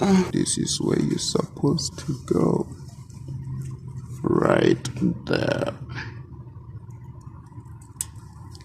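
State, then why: Seated. Someone talks while plugging the rear ABS wheel-speed sensor's plastic electrical connector back into its wiring harness socket on a VW Golf/Jetta Mk5 after a brake caliper job. A sharp click is heard at 8.0 s as the connector seats in its mating socket.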